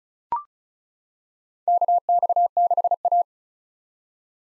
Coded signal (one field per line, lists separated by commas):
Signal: Morse code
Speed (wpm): 34 wpm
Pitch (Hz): 700 Hz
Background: none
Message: KX6A